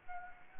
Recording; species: mosquito wingbeat signal from an infrared sensor; Anopheles gambiae